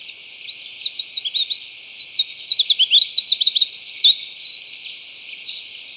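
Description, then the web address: Spectacled Whitestart song: a fast, jumbled run of high, sharp chip notes, rising and falling in pitch, lasting about five seconds. Recorded in Ecuador. "Natures Songs S America Birds of Ecuador. Spectacled Whitestart"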